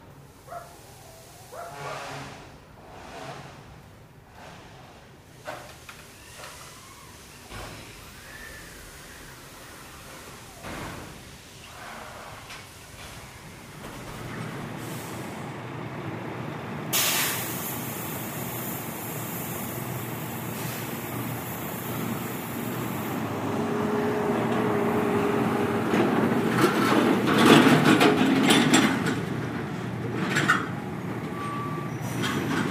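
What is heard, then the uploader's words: City construction noise begins fairly quiet, with scattered knocks and clatters over a low rumble. Around fifteen seconds a heavier machine grinds in, joined by a steady hiss, and the din builds to its loudest near twenty-eight seconds before easing slightly. City Construction.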